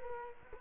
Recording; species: mosquito wingbeat signal from an infrared sensor; Culex quinquefasciatus